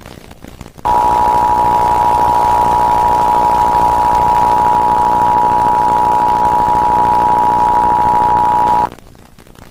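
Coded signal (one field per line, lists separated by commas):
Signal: Emergency Alert System (SAME) tones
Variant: 853 and 960 Hz attention tone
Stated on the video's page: EAS test aired on a television network.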